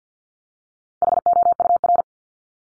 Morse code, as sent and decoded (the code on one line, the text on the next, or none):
.... --- ..- .-.
HOUR